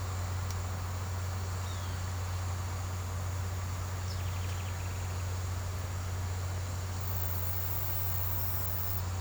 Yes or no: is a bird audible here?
no